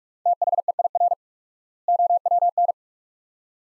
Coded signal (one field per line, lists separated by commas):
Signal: Morse code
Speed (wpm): 43 wpm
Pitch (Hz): 700 Hz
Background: none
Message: THEIR OWN